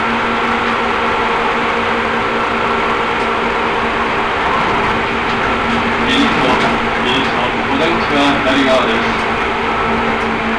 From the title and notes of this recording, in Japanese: 耳で楽しむ鉄道旅 西武鉄道 本川越→東村山→小川→萩山→青梅街道。